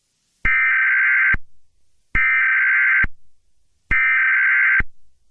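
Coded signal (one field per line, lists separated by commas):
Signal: Emergency Alert System (SAME) tones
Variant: header bursts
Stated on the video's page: Mock child abduction emergency EAS alert.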